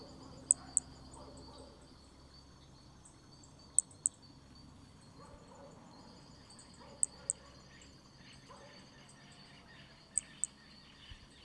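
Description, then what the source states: Hermogenes' toadlet calling in pairs of tiny high-pitched clicks, four pairs across the stretch, with a steady insect whine and faint chirps. Specimen MHNCI 186, recorded at Picinguaba, Brazil.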